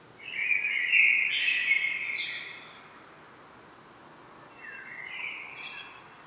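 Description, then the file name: Common blackbird delivers one loud rich warble with a high squeaky ending, then a softer, shorter phrase a few seconds later. "Turdus merula"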